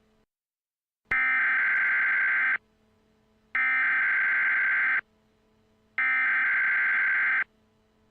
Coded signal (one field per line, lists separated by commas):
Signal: Emergency Alert System (SAME) tones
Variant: header bursts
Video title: EAS Mock Airplane Disaster! REMADE